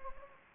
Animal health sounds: mosquito wingbeat signal from an infrared sensor; Anopheles gambiae

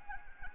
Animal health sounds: mosquito wingbeat signal from an infrared sensor; Anopheles arabiensis

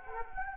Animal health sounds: mosquito wingbeat signal from an infrared sensor; Anopheles arabiensis

